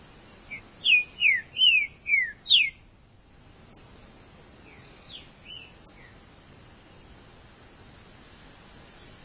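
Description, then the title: Green-winged saltator song: a quick phrase of five or six loud whistles, each sliding downward, followed later by a few faint notes. "Trinca Ferro"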